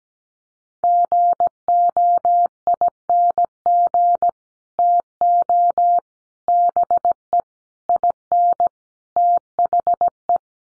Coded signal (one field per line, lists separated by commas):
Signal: Morse code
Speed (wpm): 17 wpm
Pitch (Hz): 700 Hz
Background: none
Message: GOING TO BE IN THE